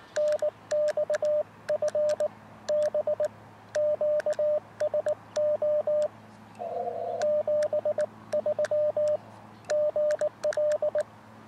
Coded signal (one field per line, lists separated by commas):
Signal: Morse code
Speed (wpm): 18 wpm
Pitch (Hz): 600 Hz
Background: radio noise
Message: NX FB QSO 73 GL